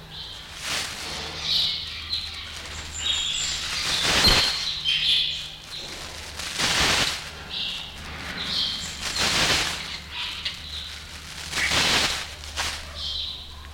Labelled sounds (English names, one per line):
Sulawesi Myna